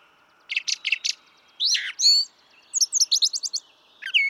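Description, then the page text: Brown thrasher song: four quick harsh notes, a downslurred call and a second short phrase, then a fast run of high chips and a final phrase. Same male throughout, one of several selections totalling about three and a quarter hours; repertoire estimated at about 1300 songs, including imitations of other species. "Birdsong for the Curious Naturalist. Brown thrasher"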